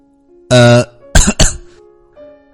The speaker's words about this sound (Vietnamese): Đồng Minh Tồn ho khan mấy tiếng, che giấu cảm xúc của mình.